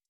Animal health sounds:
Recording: hydrophone in a shrimp aquaculture tank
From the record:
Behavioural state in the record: stressed

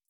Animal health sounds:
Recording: hydrophone in a shrimp aquaculture tank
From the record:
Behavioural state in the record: starved

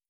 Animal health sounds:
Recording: hydrophone in a shrimp aquaculture tank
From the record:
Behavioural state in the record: starved

